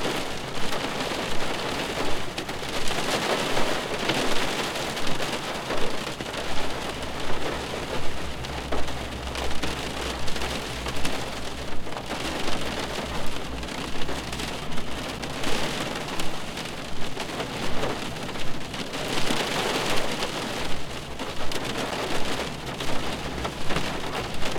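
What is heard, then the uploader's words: Rain patters steadily against a window in a dense, even wash, pulsing slightly in gusts, with a faint low rumble underneath throughout. Rain on Window.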